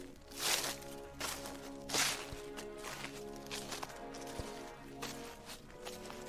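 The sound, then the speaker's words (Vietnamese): Crunchy, rustling footsteps of several people walking in a forest tread through dry leaves and snapping rotten twigs, several uneven steps with louder bursts early on, over a steady low musical drone. “Tôi giỏng tai nghe, bốn bề xung quanh đều phát ra cái thứ âm thanh đó, là cái thứ âm thanh loạt soạt của tiếng người đang bước chân đi, dẫm lên những lá cây, những cành mục.”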